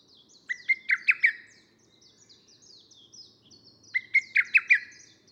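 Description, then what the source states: Lesser cuckoo calling: a quick, sharp phrase of about five emphatic notes, given twice about three and a half seconds apart. Recorded 25 June 2010.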